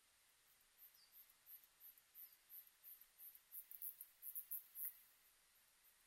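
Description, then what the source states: Katydid singing a faint series of very high, short ticking pulses, growing steadily louder over about four seconds and then stopping, against a soft hiss. Recorded on 2 September 2006.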